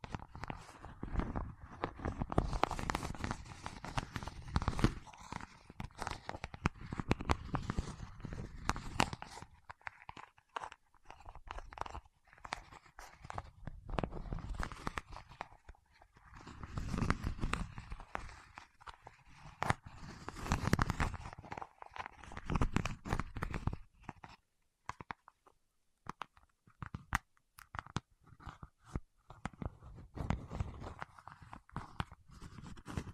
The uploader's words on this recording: ASMR with Wax Fingertips for Sleep (No Talking).